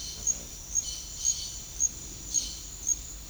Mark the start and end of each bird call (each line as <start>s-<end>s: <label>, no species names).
0.00s-1.56s: bird call
2.25s-2.69s: bird call